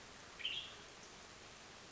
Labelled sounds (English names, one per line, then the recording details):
Western Tanager
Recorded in Sonoma County, California